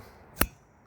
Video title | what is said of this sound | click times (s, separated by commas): How to Replace Wiper Blades 00-07 Toyota Highlander | hear that? It just click. | 0.4 s